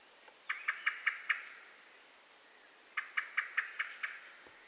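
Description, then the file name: Eurasian blackbird calls: two quick bursts of sharp, clicking chink notes, five then six, a couple of seconds apart, over quiet background. "Turdus merula"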